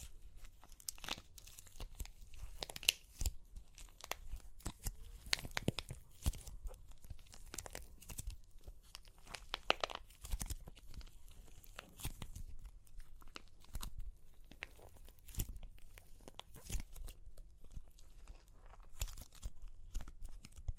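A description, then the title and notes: Super crunchy clay cracks and crumbles in a dense stream of sharp snaps and crinkly crunches. The bursts come irregularly but constantly, several per second, with louder cracks near 3 and 10 seconds. A low rumble sits beneath the bright, brittle crackling throughout. Super Crunchy Clay Cracking (No Talking).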